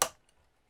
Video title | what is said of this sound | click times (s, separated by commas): Build the FDNY Ladder 9 Fire Truck 1:24 Scale - Pack 8 - Stages 50-57 | You can hear that click. | 0.0 s